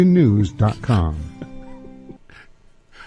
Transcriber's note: laughs